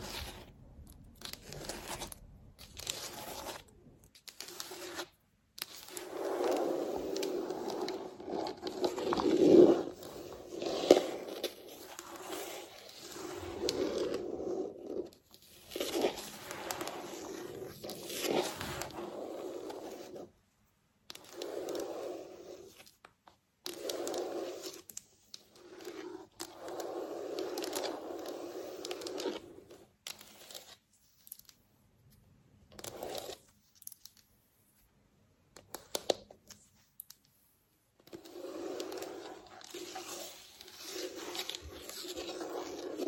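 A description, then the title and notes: Fake nails scratch across a floor in rough, irregular strokes, each a gritty rasp lasting one to a few seconds. The scraping comes in bursts separated by short silences, with a strong midrange grind and bright scratchy edges. Occasional sharper clicks punctuate the strokes. ASMR Floor Scratching with Fake Nails.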